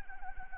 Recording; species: mosquito wingbeat signal from an infrared sensor; Anopheles arabiensis